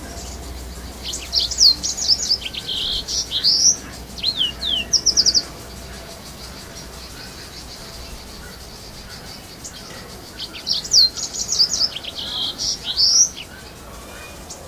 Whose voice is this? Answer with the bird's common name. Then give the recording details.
Yellow-fronted Canary. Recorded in captivity. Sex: male. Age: adult. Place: Zoo Berlin, Berlin, DE. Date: 2000-07-17 13:31. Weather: fair, 20°C. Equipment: Nagra SN, Kopie Uher 4000 Report Monitor. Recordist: Tembrock, Günter